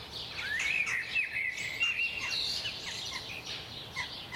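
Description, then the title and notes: Birds chirping and warbling, a long whistled rising-then-level phrase early on, followed by scattered short chirps from several birds. Recorded at 4am. "Birds at 4am by Daniel Sky"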